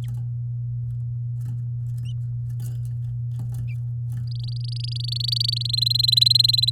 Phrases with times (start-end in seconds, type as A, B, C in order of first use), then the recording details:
4.27-5.67 A, 5.69-6.70 B. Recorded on 8 May 2018 at 12:49. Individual llb16